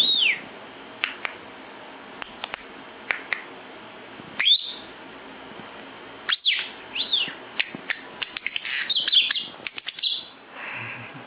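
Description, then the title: Lovebird song: scattered sharp high chirps and clicks, with a denser burst of squeaky notes near the end. National champion lovebird with a full, constant song (gacor). "Burung Lovebird Juara Nasional Full Isian Gacor"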